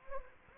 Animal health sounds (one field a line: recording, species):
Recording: mosquito wingbeat signal from an infrared sensor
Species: Anopheles gambiae